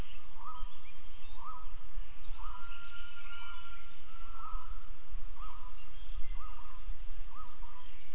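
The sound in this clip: Gibbon calls, short upswept hooting notes repeated roughly once per second, with fainter higher notes above, over a constant low rumbling background noise.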